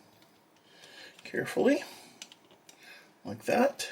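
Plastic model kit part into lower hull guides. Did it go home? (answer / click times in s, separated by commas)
no / none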